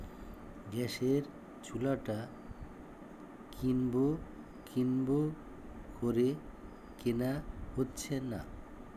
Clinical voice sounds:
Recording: elicited speech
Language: Bengali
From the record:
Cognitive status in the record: dementia

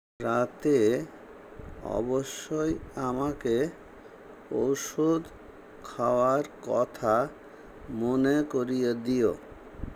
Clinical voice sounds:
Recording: elicited speech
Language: Bengali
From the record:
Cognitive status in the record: dementia

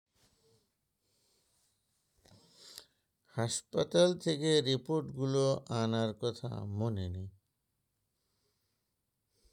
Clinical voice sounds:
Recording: elicited speech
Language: Bengali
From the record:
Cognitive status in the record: dementia

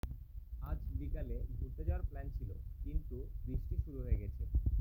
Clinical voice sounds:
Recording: elicited speech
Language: Bengali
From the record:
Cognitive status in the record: cognitively healthy

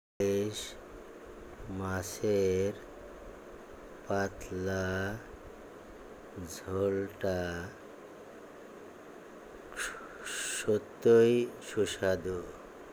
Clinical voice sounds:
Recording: elicited speech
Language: Bengali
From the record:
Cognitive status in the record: dementia

